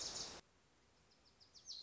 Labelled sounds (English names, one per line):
Wilson's Warbler